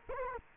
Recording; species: mosquito wingbeat signal from an infrared sensor; Culex quinquefasciatus